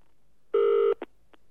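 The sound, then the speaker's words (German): A steady electronic telephone tone holds for under half a second as a handset is picked up, then two short beeps follow as the number is dialed. No voices. “Ratlos verharrte er eine Weile, dann griff er zum Telefon.”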